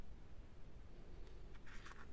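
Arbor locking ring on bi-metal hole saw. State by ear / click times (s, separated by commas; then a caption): not seated / none. The metal locking ring on the arbor of a Parkside PLSS 9 A1 bi-metal hole saw is being turned to the right so its pins can drop into the holes of the bi-metal hole saw and lock it to the arbor. Over a low, steady rumble, faint handling rustles and scrapes come through around 1.3 s and from about 1.6 to 2.0 s. Nothing has seated or clicked yet when the clip ends.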